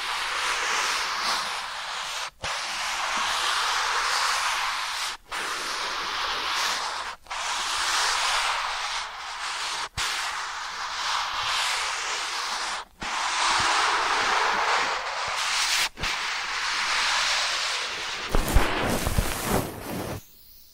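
Ear cleaning triggers: a dense, steady rustling hiss, like something rubbed and scratched over the microphone, broken by short silent gaps every two to three seconds. Near the end the sound turns rougher, with crackling bursts and a few soft thumps.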